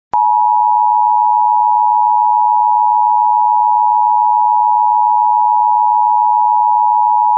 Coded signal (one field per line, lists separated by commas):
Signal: Emergency Alert System (SAME) tones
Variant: 853 and 960 Hz attention tone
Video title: EAS fire warning for yavapavi, Arizona (set level, go level, and safe to return message)